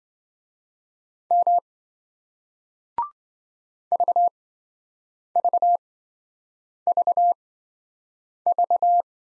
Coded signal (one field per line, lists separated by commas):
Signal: Morse code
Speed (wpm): 27 wpm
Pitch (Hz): 700 Hz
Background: none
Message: M VVVV